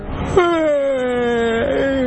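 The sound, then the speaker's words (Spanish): A person yawns with a long, drawn-out voiced moan that starts abruptly, slides slowly downward in pitch and wavers briefly near the end, holding steady in loudness for almost two seconds. “¿Vas a bostezar?”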